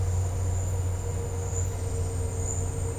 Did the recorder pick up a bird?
no